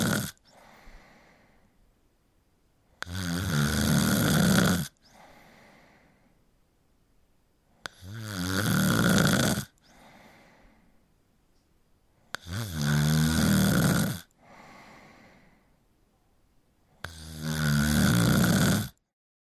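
An adult snoring: repeated loud, low-pitched rattling snores, about 13 per minute, with quieter breaths between them.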